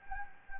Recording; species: mosquito wingbeat signal from an infrared sensor; Anopheles gambiae